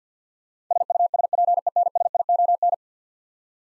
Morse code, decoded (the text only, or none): SUSPENSION